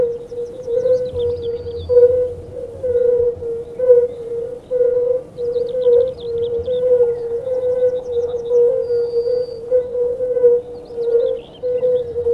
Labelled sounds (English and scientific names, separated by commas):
Fire-Bellied Toad (Bombina bombina) call